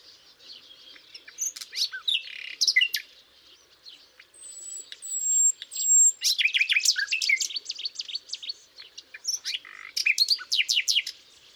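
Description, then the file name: Common nightingale song: varied phrases of sharp chirps, buzzy notes and quick trills in several bursts with pauses, and a thin high whistle in between. "Luscinia megarhynchos"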